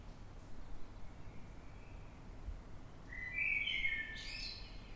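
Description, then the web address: Eurasian blackbird song: faint soft notes at first, then a loud fluty phrase finishing with a high scratchy flourish, low hum beneath. Recorded in the dead of night, 3:50 am, in London, UK, on 9 March 2026. "Blackbird Dead Of Night. london uk. by eleanor mcdowall"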